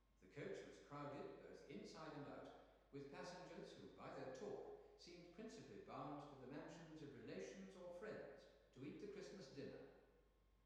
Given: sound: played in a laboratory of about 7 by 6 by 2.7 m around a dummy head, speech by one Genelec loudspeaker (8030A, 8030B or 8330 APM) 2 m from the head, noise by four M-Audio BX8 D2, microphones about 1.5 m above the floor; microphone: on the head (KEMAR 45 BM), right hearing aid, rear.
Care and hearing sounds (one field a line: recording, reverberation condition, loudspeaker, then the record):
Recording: male speech in English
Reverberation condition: high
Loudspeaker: in front (0 degrees)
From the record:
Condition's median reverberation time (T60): about 1300 ms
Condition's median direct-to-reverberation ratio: about -4.0 dB